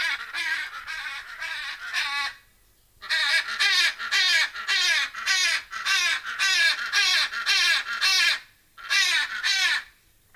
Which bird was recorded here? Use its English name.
Hyacinth Macaw